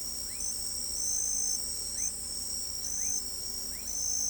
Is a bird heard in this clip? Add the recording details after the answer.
no. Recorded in pastures near Pivijay, Magdalena, Colombia, on 3 June 2023 at 03:30. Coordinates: 10.456, -74.369. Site P6-G026